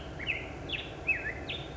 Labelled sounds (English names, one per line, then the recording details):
Black-headed Grosbeak
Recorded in Sonoma County, California